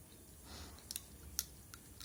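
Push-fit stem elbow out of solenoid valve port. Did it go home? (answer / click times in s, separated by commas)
released / 1.4 s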